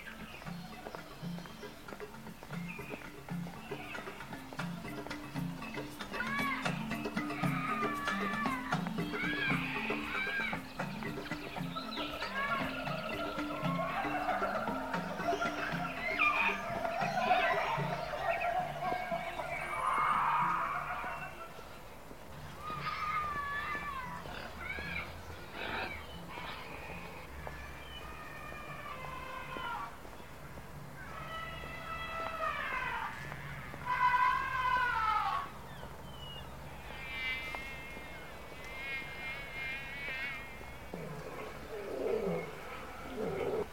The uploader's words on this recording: Paignton Zoo. A walk around the zoo starring some hungry apes and noisy birds of paradise.